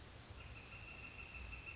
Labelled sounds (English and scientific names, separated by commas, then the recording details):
Northern Flicker (Colaptes auratus)
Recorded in Sonoma County, California